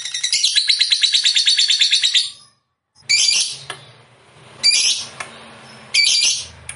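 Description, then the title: Lovebird chattering song, a rapid shrill trill for about two seconds, then a pause and three short harsh bursts of chatter with a low hum beneath. Lovebird described as 'fighter' and 'gacor'. "Berkat SUARA Lovebird FIGHTER GACOR Ini"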